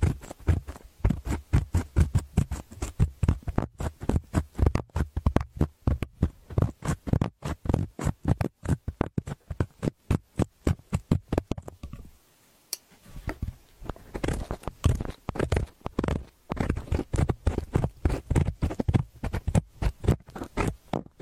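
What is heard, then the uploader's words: An earpick scrapes and scratches inside an ear as wax is worked loose, making a dense run of quick, crackly taps and rasps. The strokes come fast and irregular, with a heavier low rumble underneath early on. A brief quiet pause falls around the twelve-second mark before the scratching resumes. Use the earpick to help you remove earwax.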